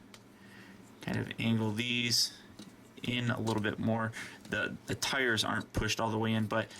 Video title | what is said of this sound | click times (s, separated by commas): Video Review of the Transformers Prime: Beast Hunters Smokescreen | line that up that locks into place | 0.1 s